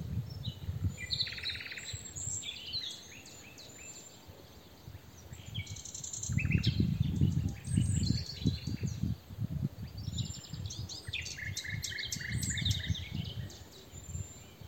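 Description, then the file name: Common nightingale singing varied phrases, with rapid stacked note series and whistles, over a steady low rumble. "Luscinia megarhynchos"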